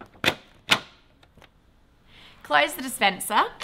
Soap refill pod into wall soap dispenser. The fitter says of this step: simply place the pod into the dispenser and make sure you hear a loud click